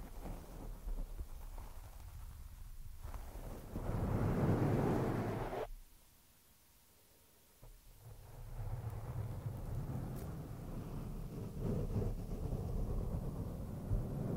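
Scratching on the microphone makes a dense, rough, rumbling scrape that swells loudest around four to five seconds. It cuts out to near silence from about six to eight seconds, then returns as a steadier, grainy rustle with occasional sharper scuffs to the end.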